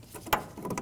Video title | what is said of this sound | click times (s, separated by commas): How to Replace Low Beam Bulbs 2008-2015 Scion xB | Push until you hear a click. | 0.3 s